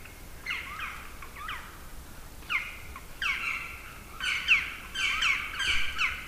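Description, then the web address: Black woodpecker calling in loud, grating bursts, sparse at first and then crowding into a dense run of overlapping notes toward the end. "agykontroll Madardalok Cd 1. Fekete harkály"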